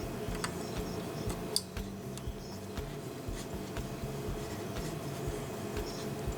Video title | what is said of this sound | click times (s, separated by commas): Kia Soul - Tune up - Remove Spark plugs - Easy DIY Save Big $$$$$ | when you put it in your head snap in make sure it snaps in | 1.6 s